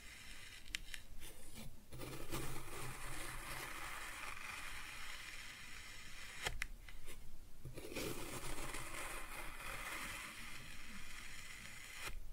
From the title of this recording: ASMR Kinetic Sand Cutting and Scooping Sounds